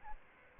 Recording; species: mosquito wingbeat signal from an infrared sensor; Aedes albopictus